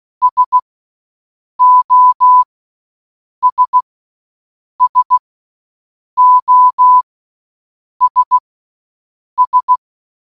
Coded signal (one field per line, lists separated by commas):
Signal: Morse code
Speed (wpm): 16 wpm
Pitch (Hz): 1000 Hz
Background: none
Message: SOS SOS S